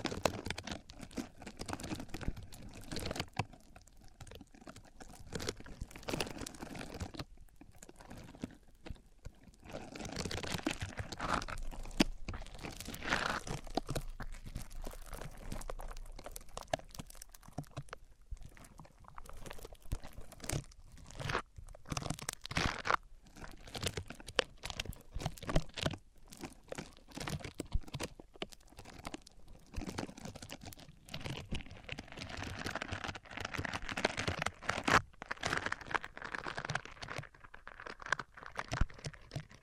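A microphone is rubbed across different surfaces, making a dense run of scraping, crunching and crinkling noise that never settles. Short sharp clicks and thumps break through often, with brief quieter gaps around 7, 18 and 26 seconds, and a brighter, hissier stretch near the end.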